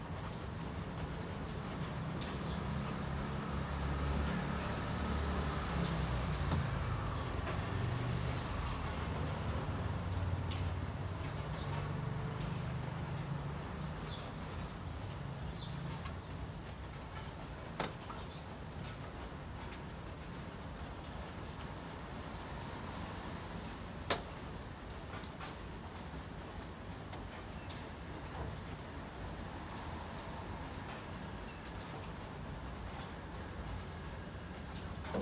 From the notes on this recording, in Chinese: 雨天的窗台